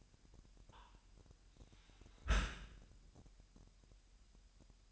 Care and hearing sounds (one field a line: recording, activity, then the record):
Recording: daily activity, microphone in the room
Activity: close dishwasher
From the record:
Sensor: 2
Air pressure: 998.0 hPa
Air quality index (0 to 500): 148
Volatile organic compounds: 4 ppm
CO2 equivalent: 1678 ppm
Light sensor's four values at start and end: 10/29/11/11 and 10/29/11/11